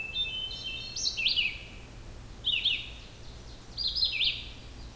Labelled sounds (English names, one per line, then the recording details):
Red-eyed Vireo song
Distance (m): 5 m
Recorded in boreal forest in Alberta, Canada, on 16 June 2016 at 07:02
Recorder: SongMeter 3, array SBT-3-32
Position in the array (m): 38 m, 8 m